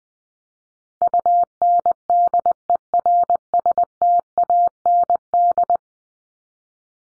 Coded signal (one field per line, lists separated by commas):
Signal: Morse code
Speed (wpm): 20 wpm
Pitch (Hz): 700 Hz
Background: none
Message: UNDERSTAND